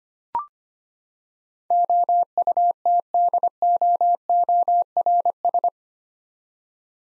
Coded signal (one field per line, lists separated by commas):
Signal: Morse code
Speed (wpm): 25 wpm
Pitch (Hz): 700 Hz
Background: none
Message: OUTDOORS